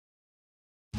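The handle of the outer plastic casing of a disposable lateral-flow detection cassette holding the amplicon cartridge is squeezed shut to lock it closed. The clip is silent until about 0.9 s, when a broad, low-heavy burst of handling noise begins and runs to the end. The handle has not yet locked and nothing has clicked.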